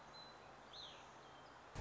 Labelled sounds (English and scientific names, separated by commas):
Song Sparrow (Melospiza melodia)